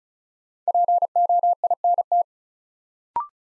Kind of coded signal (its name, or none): Morse code